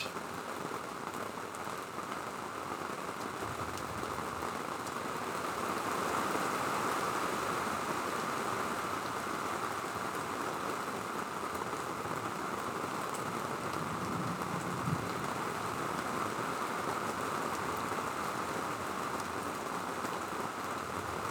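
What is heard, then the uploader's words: Steady, dense hiss of rain from an approaching thunderstorm, with a brighter band running through the middle and a faint sizzle on top. The wash swells slightly around six to eight seconds, then holds even to the end, with no distinct thunder claps. Sounds of a Thunderstorm. I recorded an approaching thunderstorm from Jerome's Town.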